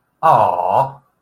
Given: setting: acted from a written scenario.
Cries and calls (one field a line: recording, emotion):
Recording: vocal sound without words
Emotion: adoration